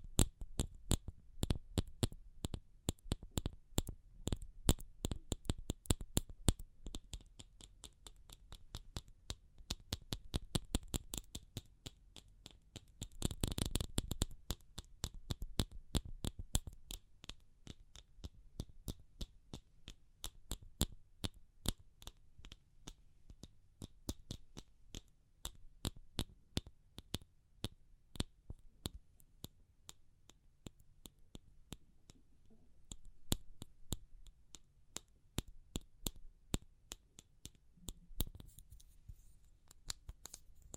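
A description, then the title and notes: Tapping with fingertips or nails in crisp, sharp clicks, mostly fast and dense, at times easing into slower, sparser strokes. A thick flurry of taps comes around thirteen to fourteen seconds, and the pace keeps shifting through the end with no other sounds. ASMR Pure Tapping Fast and Slow (No Talking).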